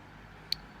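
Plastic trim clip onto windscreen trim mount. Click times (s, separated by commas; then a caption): 0.5 s. A plastic trim clip on the windscreen side trim of a BMW X3 E83 is pushed on and slid down onto its trim mount. A single sharp, very brief click centred around 4 kHz rises over a steady low background hum at 0.5 s. The clip clicks into place and is seated.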